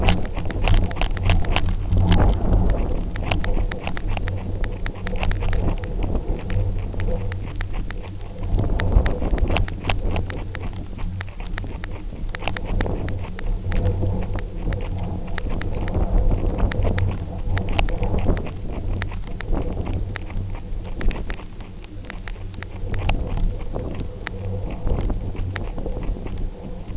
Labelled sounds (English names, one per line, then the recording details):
none
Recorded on Arctic tundra, site UTQI-0, on 29 June 2018
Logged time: 08:00